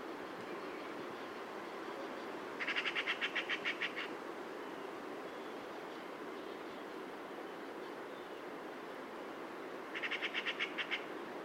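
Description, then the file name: Eurasian magpie chattering in two harsh, rapid rattles, each lasting over a second and spaced about seven seconds apart, against constant heavy background noise. "Pica pica"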